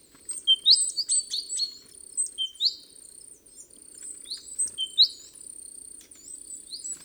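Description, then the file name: Great tit calls: sharp rising chirps repeated several times, with thin high whistles running alongside and a faint low hum beneath. "Parus major"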